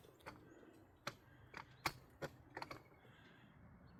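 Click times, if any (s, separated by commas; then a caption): none. A second windshield wiper blade is pushed onto the wiper arm, producing a few short plastic clicks and knocks around 1.1, 1.6, 1.9 and 2.6 seconds. The blade does not latch onto the arm, and nothing has snapped into place.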